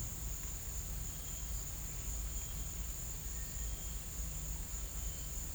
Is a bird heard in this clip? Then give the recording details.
no. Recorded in pastures near Puerto Asís, Putumayo, Colombia, on 20 December 2024 at 16:30. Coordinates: 0.472, -76.329. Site G072